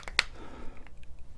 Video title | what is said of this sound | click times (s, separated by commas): Designer Fragrance Releases 2021 - EROS PARFUM - H24 | pretty decent though cap snaps into place | 0.2 s